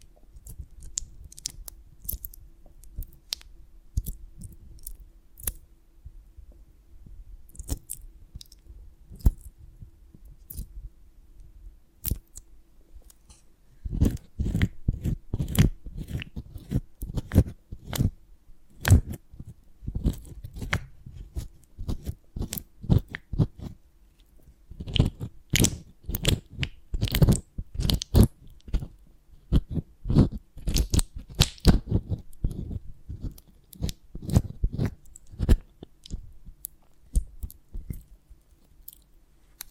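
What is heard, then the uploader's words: Honeycomb on a branch is handled and bitten, giving crisp, sticky crunches and chewing. The first fourteen seconds hold sparse, light clicks and crackles over a low hum; after that, dense bursts of crunching come in rapid, irregular clusters, peaking around twenty-five to thirty-two seconds. ASMR of a Honeycomb on Branch (No Talking).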